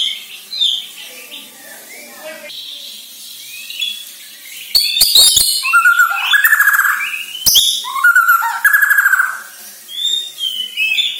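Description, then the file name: White-rumped shama song, starting quiet and sparse, then bursting into loud trilled and whistled phrases with sharp clicks. Borneo; lure song used to get birds to sing actively. "Sara Pancingan Murai Batu Borneo Agar Gacor Dor"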